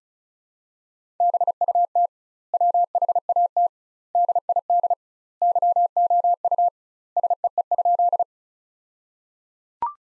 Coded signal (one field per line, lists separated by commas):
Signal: Morse code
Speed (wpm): 34 wpm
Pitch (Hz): 700 Hz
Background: none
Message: BUT WHAT DID YOU SEE?